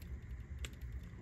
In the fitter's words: you should kind of feel a click or hear a click just